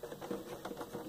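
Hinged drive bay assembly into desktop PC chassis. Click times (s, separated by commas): 0.6 s, 0.8 s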